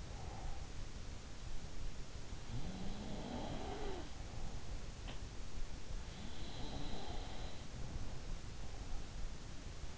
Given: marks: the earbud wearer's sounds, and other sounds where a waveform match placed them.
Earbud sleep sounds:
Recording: sounds in sleep by an in-ear microphone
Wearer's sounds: breath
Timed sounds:
0.00-0.75 s: breath
2.49-5.24 s: sound from someone else or the room
6.23-8.57 s: sound from someone else or the room

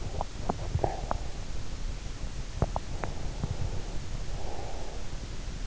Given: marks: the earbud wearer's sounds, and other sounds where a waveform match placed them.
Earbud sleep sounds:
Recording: sounds in sleep by an in-ear microphone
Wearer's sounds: swallowing, teeth grinding, breath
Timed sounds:
0.00-1.29 s: swallowing
2.43-3.21 s: teeth grinding
3.21-5.06 s: breath

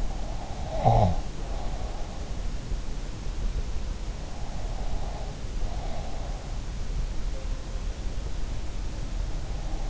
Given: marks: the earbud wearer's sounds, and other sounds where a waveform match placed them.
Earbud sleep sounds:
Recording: sounds in sleep by an in-ear microphone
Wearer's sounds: breath, snoring breath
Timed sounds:
0.00-2.35 s: breath
0.86-1.25 s: snoring breath

